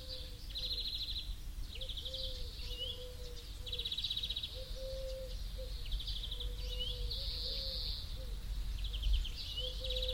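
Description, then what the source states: Turtle dove: low purring coo phrases recurring throughout, overlaid by bright, buzzy trills and short chirps of other birds. Turtle doves with other birds.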